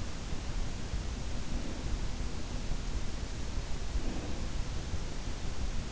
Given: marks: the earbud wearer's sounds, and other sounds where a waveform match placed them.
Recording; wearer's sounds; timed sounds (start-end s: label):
sounds in sleep by an in-ear microphone; breath
1.30-2.33 s: breath
3.50-4.85 s: breath